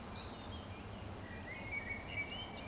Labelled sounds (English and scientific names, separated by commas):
Eurasian Woodcock (Scolopax rusticola) whistle